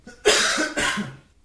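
Two short, harsh adult coughs in quick succession, loud and noisy, in a small quiet room.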